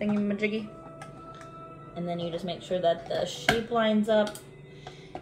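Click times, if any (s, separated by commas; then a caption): 5.1 s. Someone talks while fitting a plastic shredder drum into a plastic cheese shredder housing, lining up its shape over a steady background hum. The drum is pushed in and snaps into place with a short, sharp click at 5.2 s.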